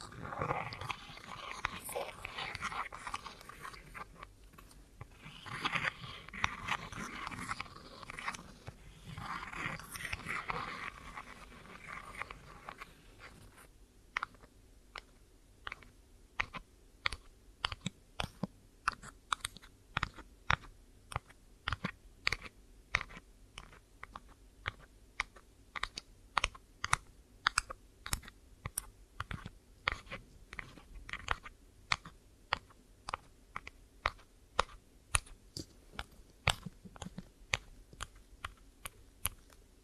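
ASMR ear triggers: dense rustling and scratching for about thirteen seconds, then a long run of quick, crisp tapping clicks like typing.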